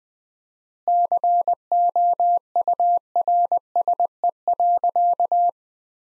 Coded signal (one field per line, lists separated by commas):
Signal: Morse code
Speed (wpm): 20 wpm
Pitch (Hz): 700 Hz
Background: none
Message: COURSE.